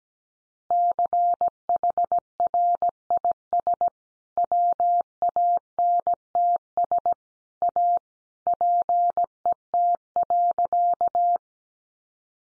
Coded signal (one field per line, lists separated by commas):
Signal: Morse code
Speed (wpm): 17 wpm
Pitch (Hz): 700 Hz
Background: none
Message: CHRIS WANTS A PET.